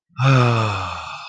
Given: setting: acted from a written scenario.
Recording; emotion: vocal sound without words; relief